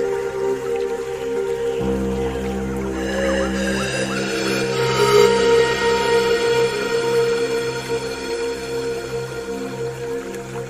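Pan flute melodies with water sounds: long, held flute notes shift slowly over a low steady drone, with a deep bass tone swelling from about two to four seconds. Brighter notes rise around the middle, while soft dripping, squishy water textures run underneath throughout.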